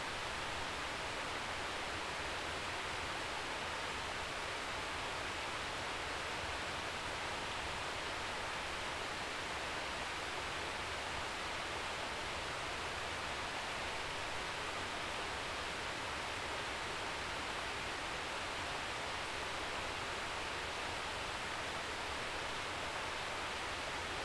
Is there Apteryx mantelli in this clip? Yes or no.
no